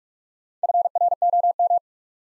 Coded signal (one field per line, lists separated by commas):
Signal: Morse code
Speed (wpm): 44 wpm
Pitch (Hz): 700 Hz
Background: none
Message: FROM